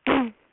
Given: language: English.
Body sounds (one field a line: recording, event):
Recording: throat vibration sensor signal played as sound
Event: throat clearing